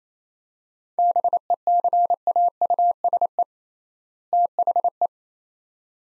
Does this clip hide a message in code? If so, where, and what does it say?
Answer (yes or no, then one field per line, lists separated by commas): yes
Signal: Morse code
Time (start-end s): 1.0-5.1 s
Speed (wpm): 28 wpm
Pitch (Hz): 700 Hz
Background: none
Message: BECAUSE THE